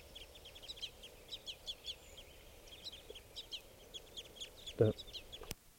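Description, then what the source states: Crossbill begging calls: many short high chips in a steady run, with a brief thump near the end over steady background hiss. Juveniles begging during a netting attempt; several birds around, at about 6:50; none caught, none coming down low.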